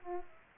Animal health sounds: mosquito wingbeat signal from an infrared sensor; Aedes aegypti

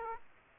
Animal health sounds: mosquito wingbeat signal from an infrared sensor; Aedes aegypti

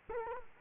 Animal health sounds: mosquito wingbeat signal from an infrared sensor; Culex quinquefasciatus

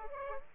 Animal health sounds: mosquito wingbeat signal from an infrared sensor; Aedes aegypti

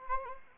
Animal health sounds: mosquito wingbeat signal from an infrared sensor; Anopheles arabiensis

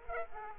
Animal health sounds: mosquito wingbeat signal from an infrared sensor; Aedes aegypti

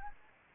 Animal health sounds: mosquito wingbeat signal from an infrared sensor; Anopheles gambiae

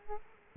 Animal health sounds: mosquito wingbeat signal from an infrared sensor; Culex quinquefasciatus

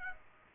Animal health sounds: mosquito wingbeat signal from an infrared sensor; Aedes aegypti

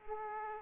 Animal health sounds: mosquito wingbeat signal from an infrared sensor; Aedes aegypti

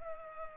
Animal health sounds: mosquito wingbeat signal from an infrared sensor; Culex pipiens

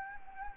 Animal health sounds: mosquito wingbeat signal from an infrared sensor; Anopheles gambiae

